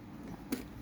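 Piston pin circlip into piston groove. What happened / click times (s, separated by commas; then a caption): The metal retaining clip snapped into its groove / 0.5 s. A metal piston pin circlip is fitted into its groove in the piston to lock the wrist pin during a 5200 chainsaw engine rebuild after a broken connecting rod. A single sharp snap is heard at 0.5 seconds against a low background, and the clip seats in its groove.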